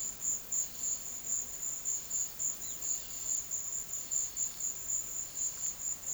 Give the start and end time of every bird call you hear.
[2.44, 3.46] bird call

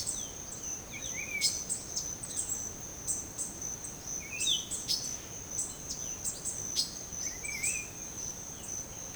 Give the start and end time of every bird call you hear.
[0.00, 8.13] bird call

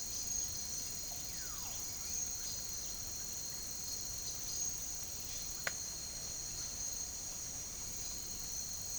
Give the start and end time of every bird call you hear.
[1.12, 1.87] bird call

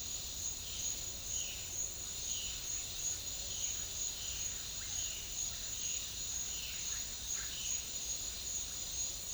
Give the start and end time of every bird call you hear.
[1.23, 7.90] bird call

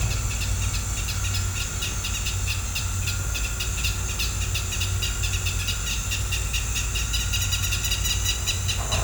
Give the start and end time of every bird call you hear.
[0.00, 9.04] bird call

